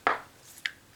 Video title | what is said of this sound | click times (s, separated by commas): Flosstube Extra: How to put together a beading tin | I don't know if you heard the pop but it popped in | 0.1 s